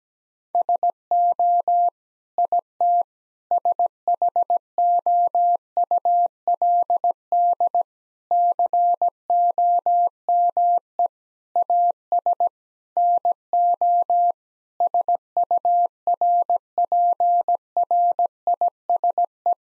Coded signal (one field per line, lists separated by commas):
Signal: Morse code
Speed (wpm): 17 wpm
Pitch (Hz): 700 Hz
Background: none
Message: SO IT SHOULD COME AS NO SURPRISE